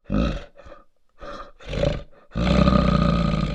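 Bear growls and grunts: deep, rough rumbling bursts, several short grunts followed by one long, sustained guttural growl.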